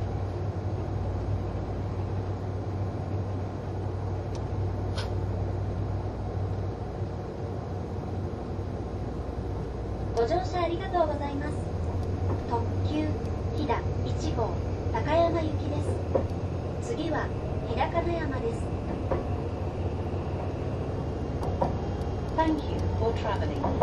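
A steady low engine and motor hum runs through the whole recording inside the green car, with a constant drone under everything. From about ten seconds on, scattered voices and brief clicks and rattles come and go over the unchanging rumble.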